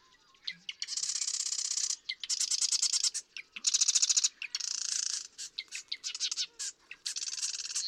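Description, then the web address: Marsh Wren songs, several in quick succession, each a harsh mechanical rattle of rapid notes, some preceded by sharp ticks, with only brief gaps between them. "birdsongforthecurious songs Marsh Wren"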